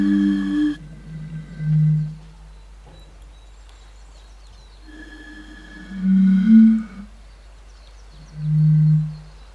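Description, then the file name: European fire-bellied toad calls: deep, soft tones in groups, with long quiet pauses between bursts. "henrik olsson anders dahl bombina bombina"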